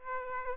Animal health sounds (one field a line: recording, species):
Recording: mosquito wingbeat signal from an infrared sensor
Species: Aedes aegypti